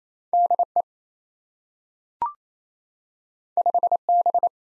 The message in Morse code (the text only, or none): DE 5B